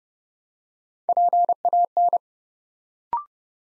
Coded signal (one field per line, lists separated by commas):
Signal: Morse code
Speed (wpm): 30 wpm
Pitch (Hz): 700 Hz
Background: none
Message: PAN